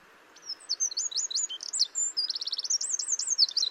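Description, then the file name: Eurasian wren singing a rapid, shrill run of sharp notes, a quick rattling trill and rolling looped phrases, starting after half a second of near silence. "Troglodytes troglodytes"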